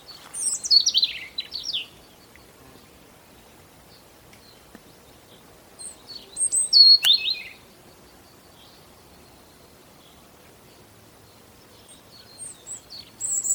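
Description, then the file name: European robin song: three short bursts of high, thin, tumbling warbled phrases separated by long pauses, with the last burst fainter. "Erithacus rubecula"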